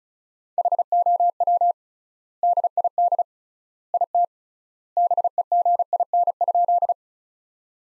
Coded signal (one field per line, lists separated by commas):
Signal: Morse code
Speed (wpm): 34 wpm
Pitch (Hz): 700 Hz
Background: none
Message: HOW DID IT BEGIN?